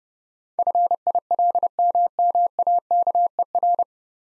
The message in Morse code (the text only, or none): FILMMAKER